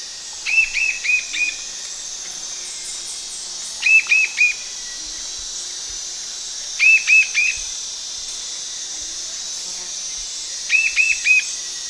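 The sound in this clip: Bird chirps in short bursts of three or four notes, repeated roughly every three seconds, against a steady high hiss.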